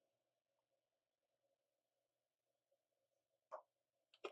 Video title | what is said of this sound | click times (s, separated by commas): 1960s Elgin Pocket Watch With Unitas 6431/6445 Movement Repair - Part 4 | There we go. You heard a little pop as it snapped in. | 4.3 s